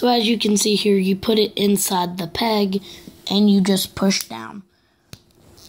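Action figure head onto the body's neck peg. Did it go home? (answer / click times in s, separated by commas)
yes / 5.1 s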